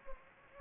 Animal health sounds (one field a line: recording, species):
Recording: mosquito wingbeat signal from an infrared sensor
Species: Anopheles gambiae